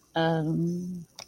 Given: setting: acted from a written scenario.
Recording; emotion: vocal sound without words; confusion